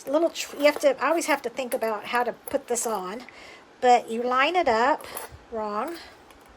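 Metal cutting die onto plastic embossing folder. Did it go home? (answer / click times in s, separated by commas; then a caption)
no / none. A metal cutting die is lined up on a plastic 3D embossing folder, and the first try goes on wrong. Someone talks throughout over faint handling sounds. The die has not seated or clicked onto the folder yet.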